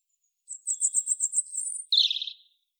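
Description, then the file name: European robin song phrase: a quick series of high thin notes near the top of the range, then a lower, richer warbled trill ending the phrase. "Erithacus rubecula"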